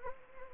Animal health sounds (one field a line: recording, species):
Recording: mosquito wingbeat signal from an infrared sensor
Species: Anopheles gambiae